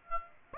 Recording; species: mosquito wingbeat signal from an infrared sensor; Aedes aegypti